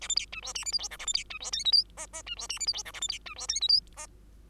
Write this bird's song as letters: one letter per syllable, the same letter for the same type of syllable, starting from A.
A B C D E F G H I J A B C D E K L M N N D E F G H I J A B C D E K L M N